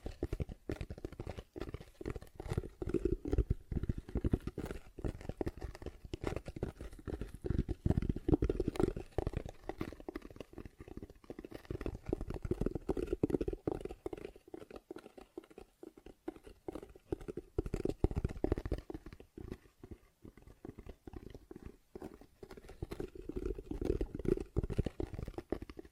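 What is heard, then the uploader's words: Dense, rapid tapping and scratching runs through the whole clip, made of countless short clicks packed closely together. The sound sits mostly low to middle, with a soft hollow thud underneath, and thins out briefly around fifteen seconds before picking back up. ASMR Tapping, Scratching & Zipper Sounds.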